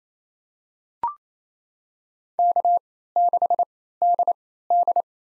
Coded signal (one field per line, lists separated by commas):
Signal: Morse code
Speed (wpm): 28 wpm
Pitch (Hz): 700 Hz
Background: none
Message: K6DD